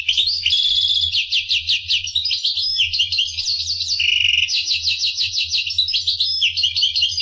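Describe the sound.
Finch singing continuously: a long, dense run of rapid chirps, trills and buzzy notes without a break, with a faint low hum beneath.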